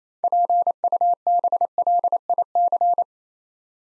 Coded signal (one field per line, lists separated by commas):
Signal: Morse code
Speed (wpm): 29 wpm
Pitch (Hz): 700 Hz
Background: none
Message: PUBLIC